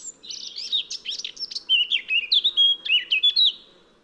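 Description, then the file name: Eurasian blackcap delivering a continuous, hurried warble of scratchy and sweet notes, turning into ringing fluty whistles toward the end, with a low steady hum underneath. "Sylvia atricapilla"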